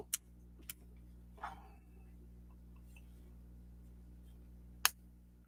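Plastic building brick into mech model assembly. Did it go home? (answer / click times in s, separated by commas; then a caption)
yes / 4.9 s. A plastic building brick part is pressed onto a Sluban M38-B1053 Kryptonian Superman mech model. Light plastic ticks at 0.1 s and 0.7 s and a brief rustle near 1.4 s sit over a steady low hum. At 4.9 s the part snaps home with a sharp, loud click, fully seated.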